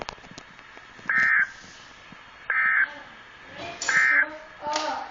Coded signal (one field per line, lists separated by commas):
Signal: Emergency Alert System (SAME) tones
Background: speech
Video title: EAS 19-22 SVRs and TORs Southern Illinois